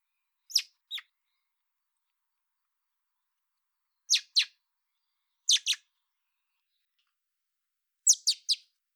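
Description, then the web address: Common blackbird calling in spaced pairs of sharp, high notes, with a closing burst of three, silence between. "pub SETE data Turdus merula"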